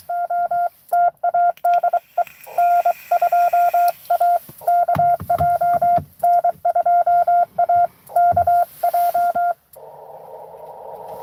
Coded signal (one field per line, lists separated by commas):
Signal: Morse code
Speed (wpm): 23 wpm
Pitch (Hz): 700 Hz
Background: none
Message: OTA DE N2AKJ N2AKJ